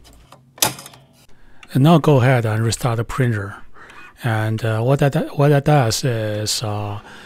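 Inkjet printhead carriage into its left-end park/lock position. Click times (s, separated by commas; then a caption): 0.6 s. An inkjet printhead carriage on an Epson WorkForce printer (WF-3640 class, with an error) is pushed hard all the way left until it clicks into its park position at 0.6 s, with a loud short hit. Someone then talks.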